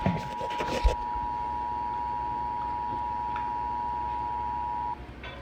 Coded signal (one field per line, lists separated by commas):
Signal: Emergency Alert System (SAME) tones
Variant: 853 and 960 Hz attention tone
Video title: EAS #30 Tornado Watch